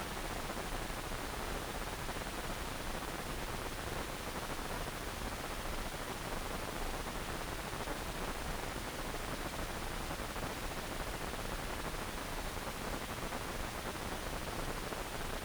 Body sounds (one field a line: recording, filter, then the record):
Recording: brain microelectrode recording played as sound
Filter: wide band, above 20 Hz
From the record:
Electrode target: subthalamic nucleus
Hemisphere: right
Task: reaching with the left hand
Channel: 1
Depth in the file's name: 1.506 mm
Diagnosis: Parkinson's disease